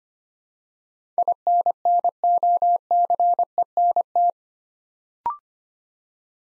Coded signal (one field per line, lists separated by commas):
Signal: Morse code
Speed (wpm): 25 wpm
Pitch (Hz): 700 Hz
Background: none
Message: INNOCENT